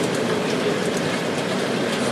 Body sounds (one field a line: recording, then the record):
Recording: background sound without coughing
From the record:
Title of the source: Office Sounds Ambience - Background Noise for Study and Work